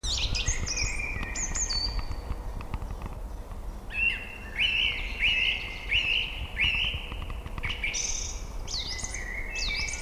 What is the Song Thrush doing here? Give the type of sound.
song